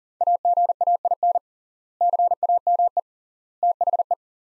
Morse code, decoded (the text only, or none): AGAIN CAME THE